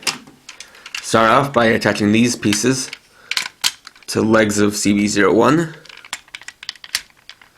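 Plastic armor pieces are handled and pressed toward the legs of the CB01 combining robot toy while someone talks. Light plastic taps and rattles come between the speech, with sharper knocks near the middle and at the end. Nothing has seated or clicked into place yet.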